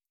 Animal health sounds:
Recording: hydrophone in a shrimp aquaculture tank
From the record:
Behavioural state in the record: starved

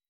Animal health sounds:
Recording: hydrophone in a shrimp aquaculture tank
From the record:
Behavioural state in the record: weakened

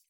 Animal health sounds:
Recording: hydrophone in a shrimp aquaculture tank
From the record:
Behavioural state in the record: feeding

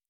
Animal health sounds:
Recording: hydrophone in a shrimp aquaculture tank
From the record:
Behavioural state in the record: normal

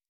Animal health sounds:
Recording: hydrophone in a shrimp aquaculture tank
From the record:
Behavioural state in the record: normal

